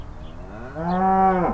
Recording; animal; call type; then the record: contact call of a hoofed animal; cattle; low-frequency (closed-mouth) or high-frequency (open-mouth) call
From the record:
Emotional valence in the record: negative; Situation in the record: full separation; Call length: 1.54 s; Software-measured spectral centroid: 990 Hz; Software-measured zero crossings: 1110 a second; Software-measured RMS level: -22 dBFS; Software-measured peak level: -6 dBFS